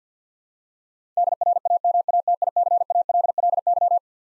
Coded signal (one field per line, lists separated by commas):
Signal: Morse code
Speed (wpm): 48 wpm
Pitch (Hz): 700 Hz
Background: none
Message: DRAMATICALLY